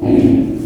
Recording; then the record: squeal of a Yucatan mini pig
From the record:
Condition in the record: before surgery on the right vocal fold (resection and tissue-engineered implant); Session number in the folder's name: 1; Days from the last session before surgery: -21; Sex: female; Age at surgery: 19 weeks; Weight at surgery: 25 kg